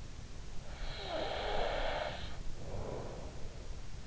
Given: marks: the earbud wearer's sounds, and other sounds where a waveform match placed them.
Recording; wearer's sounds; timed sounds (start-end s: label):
sounds in sleep by an in-ear microphone; snoring breath
0.69-3.62 s: snoring breath